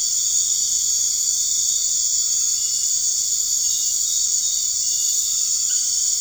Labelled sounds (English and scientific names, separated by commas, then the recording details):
none
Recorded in dense forest near Puerto Asís, Putumayo, Colombia, on 12 March 2025 at 21:00
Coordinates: 0.485, -76.318
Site G056